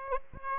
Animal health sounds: mosquito wingbeat signal from an infrared sensor; Aedes aegypti

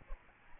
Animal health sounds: mosquito wingbeat signal from an infrared sensor; Aedes albopictus

